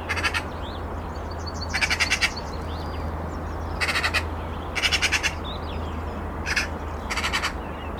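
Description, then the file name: Eurasian magpie rattling out rapid, harsh chatter bursts, six runs of clipped pulses, with a low droning rumble beneath. "Pica pica"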